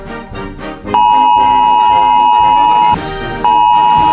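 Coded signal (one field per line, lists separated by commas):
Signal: Emergency Alert System (SAME) tones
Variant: 853 and 960 Hz attention tone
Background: music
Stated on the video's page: Fictional EAS scenario depicting a second American civil war; a simulated alert, not a real broadcast.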